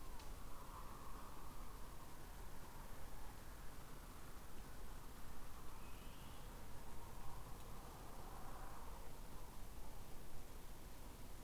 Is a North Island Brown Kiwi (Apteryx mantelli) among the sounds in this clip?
no